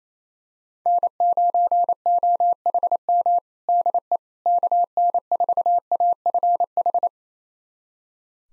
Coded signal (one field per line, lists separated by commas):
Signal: Morse code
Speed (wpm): 28 wpm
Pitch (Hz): 700 Hz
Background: none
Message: N9OHM DE KN4AFH